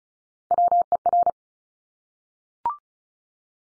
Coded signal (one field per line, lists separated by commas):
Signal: Morse code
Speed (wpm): 36 wpm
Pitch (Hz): 700 Hz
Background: none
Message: WER